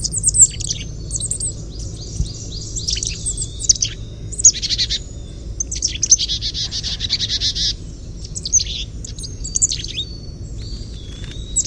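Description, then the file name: Carolina chickadee gargles, repeated tangles of very high, fast, chattering notes and buzzy rattles, with thin sliding whistles between bursts, steady low hum below. "CACH chickadee gargle"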